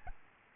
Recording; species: mosquito wingbeat signal from an infrared sensor; Aedes albopictus